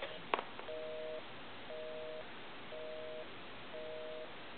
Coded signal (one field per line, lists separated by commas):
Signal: telephone call progress tone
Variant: North America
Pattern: busy tone